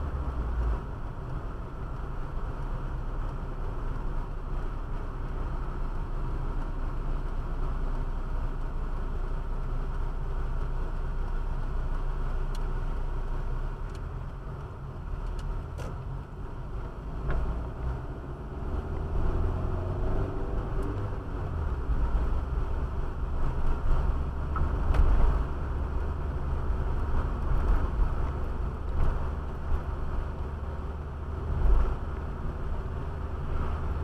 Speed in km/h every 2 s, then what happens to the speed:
50, 47, 43, 34, 24, 17, 11, 12, 17, 29, 40, 41, 40, 44, 44, 45, 45.
0-12 slows to 11. 12-20 speeds up to 40. 20-34 steady at about 44.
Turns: 11-16.